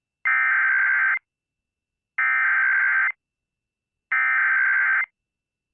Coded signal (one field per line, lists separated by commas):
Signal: Emergency Alert System (SAME) tones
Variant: header bursts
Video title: EAS | WBAP-AM Activates the North Texas AMBER Alert System